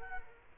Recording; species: mosquito wingbeat signal from an infrared sensor; Culex quinquefasciatus